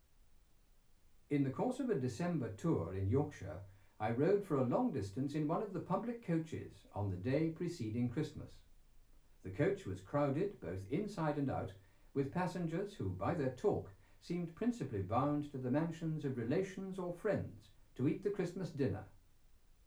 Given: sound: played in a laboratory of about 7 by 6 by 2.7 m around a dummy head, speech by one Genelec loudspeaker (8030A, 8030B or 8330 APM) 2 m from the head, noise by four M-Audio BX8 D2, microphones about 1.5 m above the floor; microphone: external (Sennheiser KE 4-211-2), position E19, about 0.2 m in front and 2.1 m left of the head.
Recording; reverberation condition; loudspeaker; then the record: male speech in English; low; 150 degrees to the left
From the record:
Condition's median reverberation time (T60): about 310 ms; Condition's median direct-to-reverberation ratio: about 3.5 dB